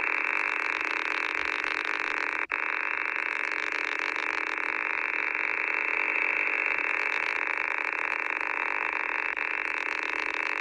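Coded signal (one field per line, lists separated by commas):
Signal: unidentified radio signal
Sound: continuous harsh rasping buzz over radio static, briefly cutting out once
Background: radio static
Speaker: you can see in my video here some of the frequencies I start my video with the actual catch on my xh data d808 and then for a change I'm showing some catches on the web SDR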